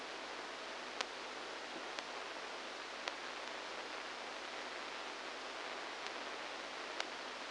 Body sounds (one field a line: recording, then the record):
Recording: brain microelectrode recording played as sound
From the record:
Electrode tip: inside the subthalamic nucleus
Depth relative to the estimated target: -1 mm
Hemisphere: left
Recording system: NeuroSet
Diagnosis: Parkinson's disease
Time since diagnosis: 10 years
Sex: male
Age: 63 years